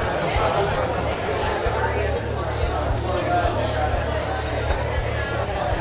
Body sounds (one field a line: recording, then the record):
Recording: background sound without coughing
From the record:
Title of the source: CITY SOUNDS Busy Bar in the Evening Night - 2 HOURS of Ambiance for Relaxation